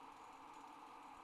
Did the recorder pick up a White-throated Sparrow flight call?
no